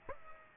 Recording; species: mosquito wingbeat signal from an infrared sensor; Aedes aegypti